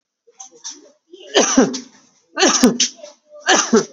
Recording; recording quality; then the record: heavy voluntary cough; excellent, no background noise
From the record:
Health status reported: COVID-19 positive, mild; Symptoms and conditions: cold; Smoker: not ticked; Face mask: not worn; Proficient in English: yes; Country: India